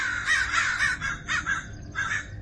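crows cawing

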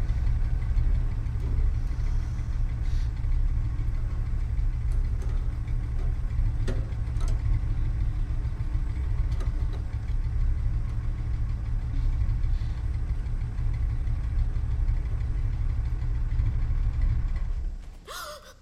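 motorcycle engine running

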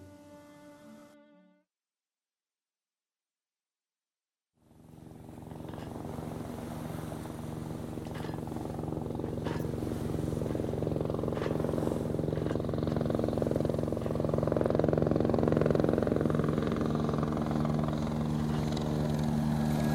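helicopter rotor

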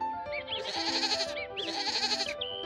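goats bleating

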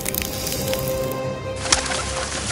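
birds chirping

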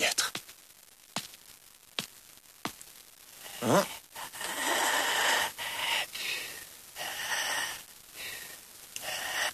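snoring

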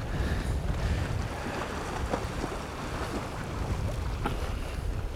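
rushing water

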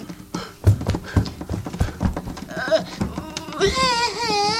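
running footsteps

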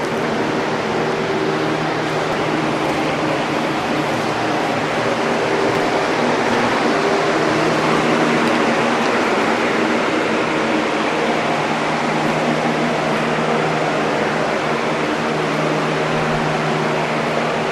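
electric fan running

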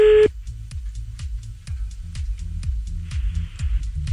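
telephone dialing tones

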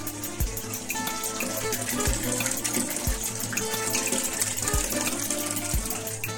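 running water

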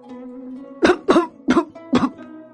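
old man coughing heavily

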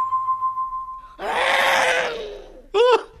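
lion roaring

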